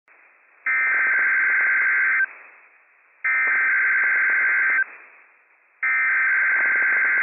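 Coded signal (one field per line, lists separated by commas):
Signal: Emergency Alert System (SAME) tones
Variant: header bursts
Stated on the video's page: NOAA Weather Radio Required Weekly Test from National Weather Service Pendleton, Oregon, with operational EAS tones.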